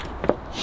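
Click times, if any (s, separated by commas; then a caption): none. A plastic clip of a carbon fiber radiator support cover is pressed into the front radiator support of a B9 Audi S4's engine bay, but it does not click in because the plastic is cold. Two short contact or fumbling knocks are heard at about 0.2 and 0.3 seconds, with no latch click. Nothing has seated or clicked yet.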